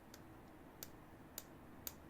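A metal pivot screw is cranked tight into the handle of a Tanto Alpha Beast balisong knife, producing a faint tick at 0.1 s and then three sharp, bright clicks at 0.8, 1.4 and 1.9 s over a quiet background. The clicks come from the screw itself against the handle, not from the screwdriver, which happens mostly with titanium handles, and they show the screw is seated tight.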